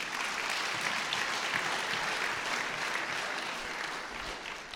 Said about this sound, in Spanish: Aplauso, se lo ganó.